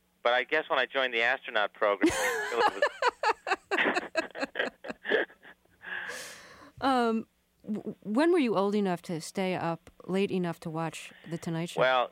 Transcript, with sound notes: But I guess when I joined the astronaut program...
(LAUGHTER)
When were you old enough to stay up late enough to watch "The Tonight Show"?